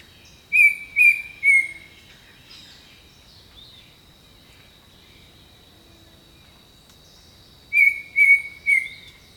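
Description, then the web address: Bird song: three loud descending whistled notes, a quiet pause with a steady high hum, then another set of three matching whistles. Jungle birdsong. "Echoes of Nature - Jungle Talk 01 Jungle Birdsong"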